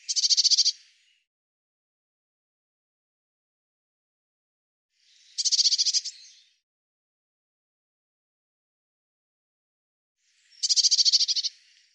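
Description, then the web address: Eurasian blue tit giving a scolding churr, a dense buzzy rattle about one second long, repeated roughly every five seconds with silence between. "cianscape birddata Deverinetal 2025 File cleaned normalized Bird Cy Ca"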